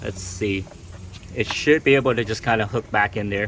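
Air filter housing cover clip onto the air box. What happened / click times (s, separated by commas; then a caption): The clip is being handled but has not latched yet / none. The last plastic spring clip on the engine air filter box cover of a 2007–2011 Toyota Camry is being hooked back onto the air box after a new air filter goes in. Someone talks throughout while handling the clip. Nothing has seated or clicked yet.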